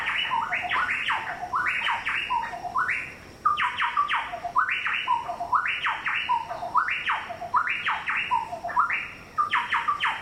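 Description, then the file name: Chowchilla calls, loud ringing notes with rising and falling slurs, tumbling over one another in a rapid chorus that pauses briefly and resumes. "Orthonyx Spaldingii"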